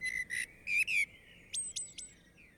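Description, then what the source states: Common blackbird singing quietly: several full, harmonic notes, then three quick high upward squeaks and a faint falling note. Warbling, trilling, singing liquid melodies; in the hour before dawn, perched on an oak branch in a European forest.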